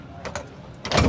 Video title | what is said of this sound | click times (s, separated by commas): Overland Expo MTN West: WOLFRIGS Expedition Humvee Earthroamer ADV Mobil | listen to this thing latch. | 0.9 s